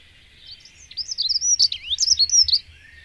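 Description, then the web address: Dunnock song: a brief, high-pitched, tumbling warble of thin squeaky notes running for under two seconds. "agykontroll Madardalok Cd 1. Erdei szürkebegy"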